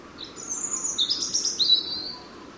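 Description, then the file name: European Robin singing a thin high phrase of drawn-out whistles and quick wavering notes running almost continuously for two seconds, with soft steady hiss behind. "Erithacus rubecula"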